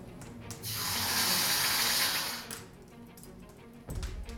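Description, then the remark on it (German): Hot metal, melted and poured into a mould to forge a sword, is dunked into water, giving a loud, steady hissing sizzle that lasts about two seconds and then fades, followed by a low thud. “Und jetzt ab damit ins Wasser.”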